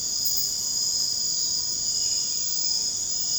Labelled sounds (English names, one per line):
none